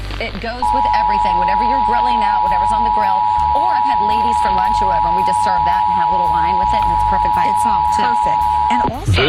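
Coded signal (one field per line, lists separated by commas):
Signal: Emergency Alert System (SAME) tones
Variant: 853 and 960 Hz attention tone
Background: speech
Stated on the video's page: Required Monthly Test on WVRA-AM received via a KiwiSDR, with WVEC stream audio overlapping.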